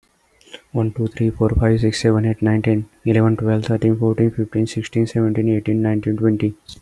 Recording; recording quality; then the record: counting at a fast pace; excellent, no background noise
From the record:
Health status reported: healthy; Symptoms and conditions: none ticked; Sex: male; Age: 25 years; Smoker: not ticked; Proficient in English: yes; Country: India